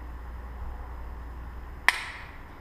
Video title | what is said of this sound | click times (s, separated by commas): Dorm Labs Nerf Tactical Foregrip - Game Tested Review | it folds into itself it gives a nice little click when it hits till you know that it's fully up | 1.9 s